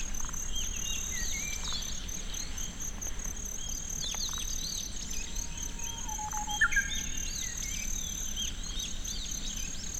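Golden bell crickets trill steadily as a high, even ringing throughout, with many birds calling over them: short whistles and chirps scattered across the clip, and a clearer low whistled phrase around six to seven seconds. A soft low rumble sits underneath.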